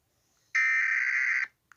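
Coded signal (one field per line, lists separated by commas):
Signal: Emergency Alert System (SAME) tones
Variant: header bursts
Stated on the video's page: Mock EAS winter storm warning.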